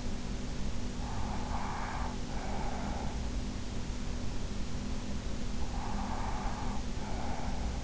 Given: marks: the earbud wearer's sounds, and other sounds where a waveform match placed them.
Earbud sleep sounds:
sounds in sleep by an in-ear microphone; breath
0.82-3.33 s: breath
5.62-7.84 s: breath

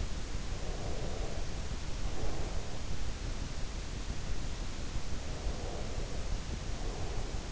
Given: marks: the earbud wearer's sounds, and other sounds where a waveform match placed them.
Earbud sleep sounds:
sounds in sleep by an in-ear microphone; breath
0.35-2.94 s: breath
5.23-7.52 s: breath

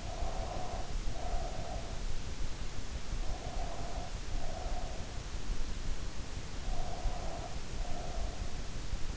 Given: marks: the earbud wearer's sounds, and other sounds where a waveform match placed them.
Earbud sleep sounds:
sounds in sleep by an in-ear microphone; breath
0.00-2.21 s: breath
3.13-5.08 s: breath
6.59-8.54 s: breath

